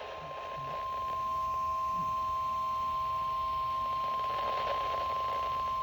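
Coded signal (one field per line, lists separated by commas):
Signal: Emergency Alert System (SAME) tones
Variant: 1050 Hz attention tone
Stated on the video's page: Special marine warning broadcast over weather radio.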